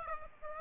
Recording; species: mosquito wingbeat signal from an infrared sensor; Aedes aegypti